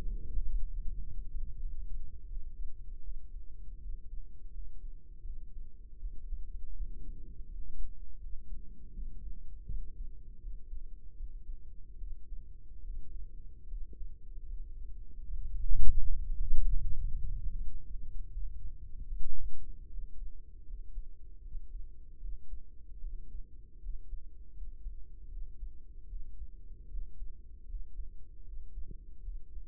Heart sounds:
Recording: heart sounds by microphone in the right ear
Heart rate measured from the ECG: 79 bpm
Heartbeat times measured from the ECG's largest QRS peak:
0.30 s: heartbeat
0.94 s: heartbeat
1.59 s: heartbeat
2.27 s: heartbeat
3.02 s: heartbeat
3.80 s: heartbeat
4.52 s: heartbeat
5.23 s: heartbeat
5.98 s: heartbeat
6.75 s: heartbeat
7.48 s: heartbeat
8.19 s: heartbeat
8.92 s: heartbeat
9.66 s: heartbeat
10.40 s: heartbeat
11.16 s: heartbeat
11.97 s: heartbeat
12.84 s: heartbeat
13.67 s: heartbeat
14.46 s: heartbeat
15.25 s: heartbeat
16.03 s: heartbeat
16.80 s: heartbeat
17.54 s: heartbeat
18.30 s: heartbeat
19.08 s: heartbeat
19.88 s: heartbeat
20.65 s: heartbeat
21.41 s: heartbeat
22.19 s: heartbeat
23.00 s: heartbeat
23.79 s: heartbeat
24.53 s: heartbeat
25.28 s: heartbeat
26.06 s: heartbeat
26.88 s: heartbeat
27.65 s: heartbeat
28.43 s: heartbeat
29.21 s: heartbeat
From the record:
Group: healthy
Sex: male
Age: 35 years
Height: 178 cm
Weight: 64 kg

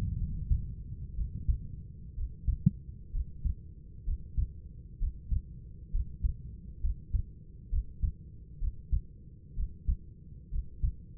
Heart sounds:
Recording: heart sounds by stethoscope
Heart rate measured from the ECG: 64 bpm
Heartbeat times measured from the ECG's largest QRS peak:
0.18 s: heartbeat
1.16 s: heartbeat
2.16 s: heartbeat
3.12 s: heartbeat
4.05 s: heartbeat
4.99 s: heartbeat
5.92 s: heartbeat
6.81 s: heartbeat
7.70 s: heartbeat
8.60 s: heartbeat
9.55 s: heartbeat
10.51 s: heartbeat
From the record:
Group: healthy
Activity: breath hold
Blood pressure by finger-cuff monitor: 123/71 mmHg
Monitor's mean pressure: 86 mmHg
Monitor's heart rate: 66 bpm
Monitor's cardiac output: 7 L/min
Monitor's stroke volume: 102 mL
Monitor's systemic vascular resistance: 830 dyn s/cm5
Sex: male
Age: 24 years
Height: 184 cm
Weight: 89 kg

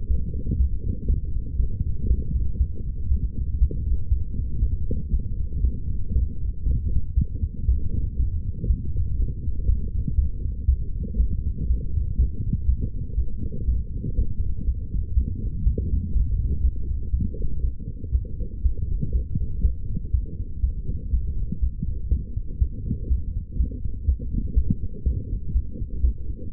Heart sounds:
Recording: heart sounds by stethoscope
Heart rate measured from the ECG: 120 bpm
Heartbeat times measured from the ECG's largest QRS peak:
0.08 s: heartbeat
0.58 s: heartbeat
1.07 s: heartbeat
1.57 s: heartbeat
2.08 s: heartbeat
2.58 s: heartbeat
3.09 s: heartbeat
3.59 s: heartbeat
4.10 s: heartbeat
4.60 s: heartbeat
5.11 s: heartbeat
5.61 s: heartbeat
6.13 s: heartbeat
6.64 s: heartbeat
7.15 s: heartbeat
7.66 s: heartbeat
8.17 s: heartbeat
8.67 s: heartbeat
9.17 s: heartbeat
9.66 s: heartbeat
10.16 s: heartbeat
10.66 s: heartbeat
11.17 s: heartbeat
11.67 s: heartbeat
12.17 s: heartbeat
12.67 s: heartbeat
13.16 s: heartbeat
13.66 s: heartbeat
14.16 s: heartbeat
14.66 s: heartbeat
15.15 s: heartbeat
15.65 s: heartbeat
16.14 s: heartbeat
16.62 s: heartbeat
17.11 s: heartbeat
17.62 s: heartbeat
18.13 s: heartbeat
18.63 s: heartbeat
19.13 s: heartbeat
19.62 s: heartbeat
20.12 s: heartbeat
20.61 s: heartbeat
21.11 s: heartbeat
21.61 s: heartbeat
22.10 s: heartbeat
22.59 s: heartbeat
23.09 s: heartbeat
23.58 s: heartbeat
24.06 s: heartbeat
24.55 s: heartbeat
25.04 s: heartbeat
25.53 s: heartbeat
26.02 s: heartbeat
26.51 s: heartbeat
From the record:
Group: healthy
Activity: light exercise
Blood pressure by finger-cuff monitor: 142/103 mmHg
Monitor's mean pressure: 119 mmHg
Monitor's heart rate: 120 bpm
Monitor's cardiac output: 8 L/min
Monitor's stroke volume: 67 mL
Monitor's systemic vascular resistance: 1070 dyn s/cm5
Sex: female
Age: 22 years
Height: 161 cm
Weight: 65.5 kg

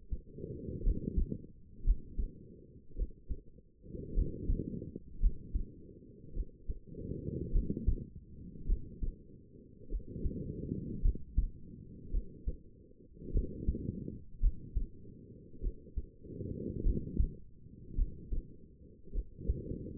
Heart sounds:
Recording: heart sounds by stethoscope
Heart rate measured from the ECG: 52 bpm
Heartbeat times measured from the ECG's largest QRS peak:
0.84 s: heartbeat
1.85 s: heartbeat
2.96 s: heartbeat
4.15 s: heartbeat
5.20 s: heartbeat
6.34 s: heartbeat
7.53 s: heartbeat
8.67 s: heartbeat
9.89 s: heartbeat
11.02 s: heartbeat
12.11 s: heartbeat
13.32 s: heartbeat
14.41 s: heartbeat
15.61 s: heartbeat
16.83 s: heartbeat
17.96 s: heartbeat
19.13 s: heartbeat
From the record:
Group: healthy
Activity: rest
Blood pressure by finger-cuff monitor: 97/60 mmHg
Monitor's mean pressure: 72 mmHg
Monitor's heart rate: 54 bpm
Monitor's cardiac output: 4.7 L/min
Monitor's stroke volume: 91 mL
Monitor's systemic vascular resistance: 1080 dyn s/cm5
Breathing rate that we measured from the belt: 19 breaths a minute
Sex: female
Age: 28 years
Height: 170 cm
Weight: 77 kg

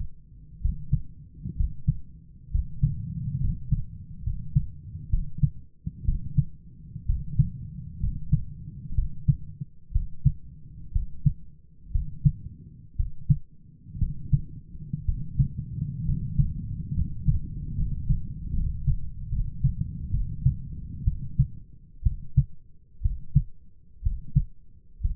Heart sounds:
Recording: heart sounds by stethoscope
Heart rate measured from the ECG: 64 bpm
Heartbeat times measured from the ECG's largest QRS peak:
0.60 s: heartbeat
1.55 s: heartbeat
2.50 s: heartbeat
3.39 s: heartbeat
4.23 s: heartbeat
5.09 s: heartbeat
6.04 s: heartbeat
7.05 s: heartbeat
7.99 s: heartbeat
8.94 s: heartbeat
9.91 s: heartbeat
10.91 s: heartbeat
11.91 s: heartbeat
12.95 s: heartbeat
13.98 s: heartbeat
15.04 s: heartbeat
16.04 s: heartbeat
16.93 s: heartbeat
17.74 s: heartbeat
18.52 s: heartbeat
19.29 s: heartbeat
20.10 s: heartbeat
21.04 s: heartbeat
22.03 s: heartbeat
23.01 s: heartbeat
24.02 s: heartbeat
25.00 s: heartbeat
From the record:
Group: healthy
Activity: rest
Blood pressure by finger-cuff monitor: 116/70 mmHg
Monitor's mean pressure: 86 mmHg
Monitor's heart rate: 63 bpm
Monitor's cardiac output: 7.1 L/min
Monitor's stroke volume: 113 mL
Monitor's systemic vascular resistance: 880 dyn s/cm5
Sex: male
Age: 23 years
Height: 178 cm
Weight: 96.6 kg

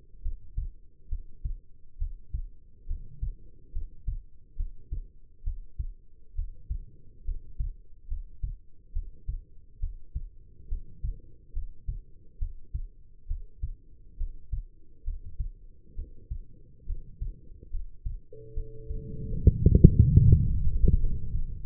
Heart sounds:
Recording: heart sounds by stethoscope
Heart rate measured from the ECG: 69 bpm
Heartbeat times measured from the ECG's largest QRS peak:
0.21 s: heartbeat
1.08 s: heartbeat
1.97 s: heartbeat
2.86 s: heartbeat
3.72 s: heartbeat
4.56 s: heartbeat
5.43 s: heartbeat
6.34 s: heartbeat
7.24 s: heartbeat
8.07 s: heartbeat
8.92 s: heartbeat
9.79 s: heartbeat
10.68 s: heartbeat
11.52 s: heartbeat
12.38 s: heartbeat
13.27 s: heartbeat
14.17 s: heartbeat
15.04 s: heartbeat
15.95 s: heartbeat
16.85 s: heartbeat
17.70 s: heartbeat
18.53 s: heartbeat
19.27 s: heartbeat
20.23 s: heartbeat
20.98 s: heartbeat
From the record:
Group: healthy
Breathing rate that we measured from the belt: 18 breaths a minute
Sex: female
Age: 22 years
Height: 171 cm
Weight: 65.6 kg

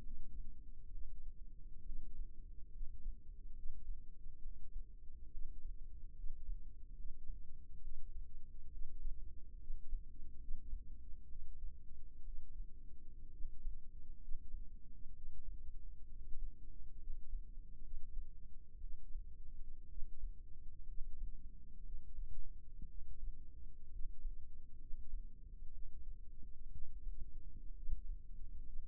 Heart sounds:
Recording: heart sounds by microphone in the left ear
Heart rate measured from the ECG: 65 bpm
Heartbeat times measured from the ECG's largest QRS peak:
0.05 s: heartbeat
0.93 s: heartbeat
1.87 s: heartbeat
2.75 s: heartbeat
3.57 s: heartbeat
4.44 s: heartbeat
5.33 s: heartbeat
6.17 s: heartbeat
6.98 s: heartbeat
7.83 s: heartbeat
8.72 s: heartbeat
9.61 s: heartbeat
10.41 s: heartbeat
11.29 s: heartbeat
12.25 s: heartbeat
13.33 s: heartbeat
14.22 s: heartbeat
15.15 s: heartbeat
16.09 s: heartbeat
17.01 s: heartbeat
17.84 s: heartbeat
18.82 s: heartbeat
19.90 s: heartbeat
20.89 s: heartbeat
21.85 s: heartbeat
22.89 s: heartbeat
23.92 s: heartbeat
24.81 s: heartbeat
25.73 s: heartbeat
26.73 s: heartbeat
27.76 s: heartbeat
28.66 s: heartbeat
From the record:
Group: healthy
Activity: rest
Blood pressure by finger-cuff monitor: 100/56 mmHg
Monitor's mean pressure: 68 mmHg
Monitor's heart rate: 66 bpm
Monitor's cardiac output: 7.2 L/min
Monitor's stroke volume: 101 mL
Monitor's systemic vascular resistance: 740 dyn s/cm5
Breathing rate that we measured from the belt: 17 breaths a minute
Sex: male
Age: 22 years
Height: 181 cm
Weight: 79 kg

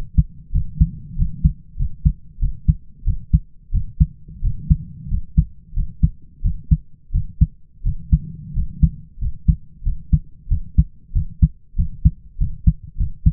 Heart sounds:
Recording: heart sounds by stethoscope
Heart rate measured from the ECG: 92 bpm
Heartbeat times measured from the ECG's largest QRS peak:
0.52 s: heartbeat
1.16 s: heartbeat
1.76 s: heartbeat
2.39 s: heartbeat
3.04 s: heartbeat
3.71 s: heartbeat
4.41 s: heartbeat
5.08 s: heartbeat
5.73 s: heartbeat
6.42 s: heartbeat
7.11 s: heartbeat
7.83 s: heartbeat
8.53 s: heartbeat
9.19 s: heartbeat
9.83 s: heartbeat
10.48 s: heartbeat
11.12 s: heartbeat
11.76 s: heartbeat
12.38 s: heartbeat
12.97 s: heartbeat
From the record:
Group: healthy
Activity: rest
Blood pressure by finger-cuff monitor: 104/59 mmHg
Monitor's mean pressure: 70 mmHg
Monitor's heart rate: 94 bpm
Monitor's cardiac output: 6.4 L/min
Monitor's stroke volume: 69 mL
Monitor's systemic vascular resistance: 770 dyn s/cm5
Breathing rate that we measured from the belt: 16 breaths a minute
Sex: male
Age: 20 years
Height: 167 cm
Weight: 61 kg

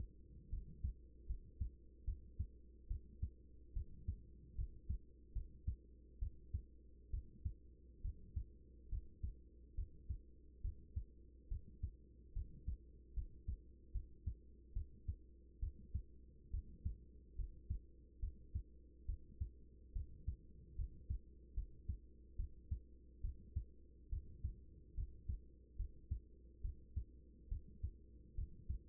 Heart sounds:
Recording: heart sounds by stethoscope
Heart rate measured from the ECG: 71 bpm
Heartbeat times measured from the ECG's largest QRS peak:
0.49 s: heartbeat
1.26 s: heartbeat
2.04 s: heartbeat
2.87 s: heartbeat
3.73 s: heartbeat
4.55 s: heartbeat
5.32 s: heartbeat
6.19 s: heartbeat
7.10 s: heartbeat
8.01 s: heartbeat
8.89 s: heartbeat
9.75 s: heartbeat
10.61 s: heartbeat
11.48 s: heartbeat
12.33 s: heartbeat
13.13 s: heartbeat
13.91 s: heartbeat
14.73 s: heartbeat
15.59 s: heartbeat
16.50 s: heartbeat
17.35 s: heartbeat
18.19 s: heartbeat
19.05 s: heartbeat
19.92 s: heartbeat
20.75 s: heartbeat
21.54 s: heartbeat
22.36 s: heartbeat
23.21 s: heartbeat
24.09 s: heartbeat
24.94 s: heartbeat
25.76 s: heartbeat
26.61 s: heartbeat
27.48 s: heartbeat
28.35 s: heartbeat
From the record:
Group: healthy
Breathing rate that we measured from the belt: 15 breaths a minute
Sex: female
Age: 24 years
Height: 163 cm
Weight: 55.7 kg

